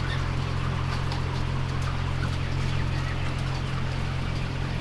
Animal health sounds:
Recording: poultry house recording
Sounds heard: healthy chickens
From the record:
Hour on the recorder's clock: 20

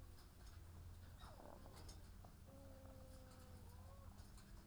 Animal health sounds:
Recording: poultry house recording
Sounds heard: sick chickens (respiratory disease)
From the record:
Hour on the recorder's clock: 15

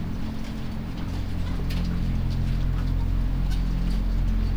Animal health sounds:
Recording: poultry house recording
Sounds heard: sick chickens (respiratory disease)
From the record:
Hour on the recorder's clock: 3

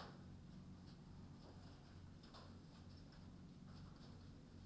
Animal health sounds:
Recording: poultry house recording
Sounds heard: no chicken sound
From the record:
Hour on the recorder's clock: 21

